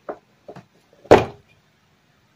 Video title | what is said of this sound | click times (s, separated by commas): Casio Privia PX-150: Fixing A Bent Hammer | Now it's seated. | 0.1 s